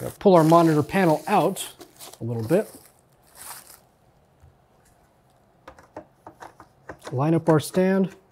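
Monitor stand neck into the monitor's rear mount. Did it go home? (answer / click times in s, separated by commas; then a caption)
no / none. Someone talks while a stand neck is lined up with the rear mount of a VA2447-MHU 24" monitor, with the panel pulled out a little. Between about 5.7 and 6.9 s there are soft, short handling taps and rustles. The stand has not clicked into place yet.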